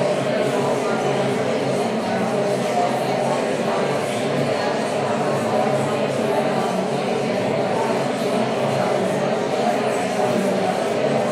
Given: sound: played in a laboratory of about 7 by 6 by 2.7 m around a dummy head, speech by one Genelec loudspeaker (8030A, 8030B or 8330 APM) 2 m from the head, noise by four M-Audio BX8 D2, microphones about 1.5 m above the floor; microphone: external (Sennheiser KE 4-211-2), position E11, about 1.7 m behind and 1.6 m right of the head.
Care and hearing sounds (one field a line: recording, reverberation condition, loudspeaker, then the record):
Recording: babble noise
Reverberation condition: high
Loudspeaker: four, about 170 cm from the corners of the room and facing them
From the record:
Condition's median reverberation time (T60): about 1300 ms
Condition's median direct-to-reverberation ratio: about -4.0 dB